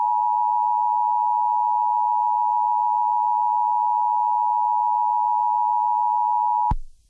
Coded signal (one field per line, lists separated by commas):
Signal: Emergency Alert System (SAME) tones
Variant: 853 and 960 Hz attention tone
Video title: Spam - An EAS Mock